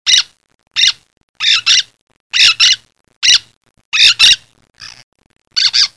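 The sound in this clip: Bird giving loud, harsh squawks, some single and some doubled, in a steady series against a quiet background.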